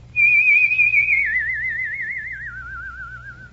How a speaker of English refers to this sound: No, I really was washing dishes. And all of a sudden, I discovered that I could make a whistle tone. And I kept on working until finally I had a pretty vibrant tone.